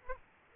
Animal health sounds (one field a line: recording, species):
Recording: mosquito wingbeat signal from an infrared sensor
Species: Aedes aegypti